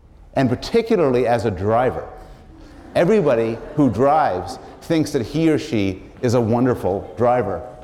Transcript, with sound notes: and particularly, as a driver. [laughter] Everybody who drives thinks that he or she is a wonderful driver.